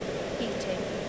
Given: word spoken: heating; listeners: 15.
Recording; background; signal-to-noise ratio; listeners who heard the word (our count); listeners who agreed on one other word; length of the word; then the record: one English word in noise, from a listening test; speech-shaped noise; -4.5 dB; 1 of 15; 8 of 15; 0.69 s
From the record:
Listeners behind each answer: 8, 3, 2, 1, 1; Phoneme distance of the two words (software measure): 7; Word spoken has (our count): 2 syllables, 5 phonemes, stress on syllable 1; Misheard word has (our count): 2 syllables, 4 phonemes, stress on syllable 1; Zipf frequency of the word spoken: 4.27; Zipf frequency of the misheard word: 4.82